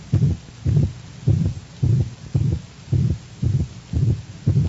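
Rapid canine heartbeat near 113 a minute with a harsh murmur in systole only, typical of pulmonic stenosis in dogs.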